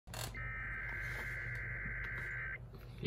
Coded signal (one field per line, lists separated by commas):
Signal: Emergency Alert System (SAME) tones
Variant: header bursts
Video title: Tennessee Amber Alert EAS #65